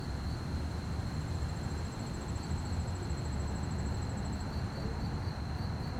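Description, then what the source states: Crickets chirp in a quick steady rhythm while a higher trill runs through the middle, with low rumbling background noise. Fast-chirping crickets at night on a quiet street, with distant activity and slight wind.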